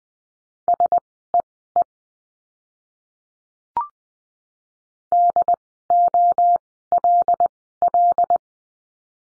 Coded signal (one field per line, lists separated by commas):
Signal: Morse code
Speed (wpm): 20 wpm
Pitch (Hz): 700 Hz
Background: none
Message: SEE DOLL